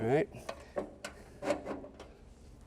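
Someone talks while handling the adjustable metal stabilizer leg on a 2021 Venture RV Stratus SR261VRL Ultra-Lite travel trailer, pressing its release button and sliding the leg within its housing. A few short, sharp knocks are heard around 0.8 s, 1.1 s and 2.0 s. The leg has not yet clicked or locked into position.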